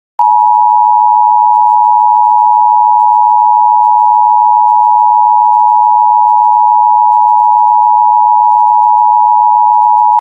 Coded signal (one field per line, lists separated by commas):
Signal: Emergency Alert System (SAME) tones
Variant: 853 and 960 Hz attention tone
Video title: Sheriff Woody Channel EAS Test